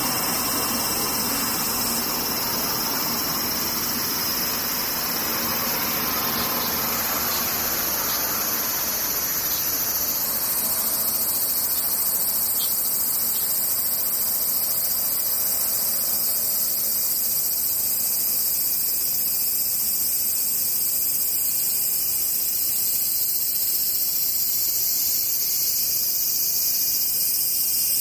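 Cicadas drone in a dense, steady high buzz throughout, with a faint low rumble like a passing vehicle early on that fades by ten seconds.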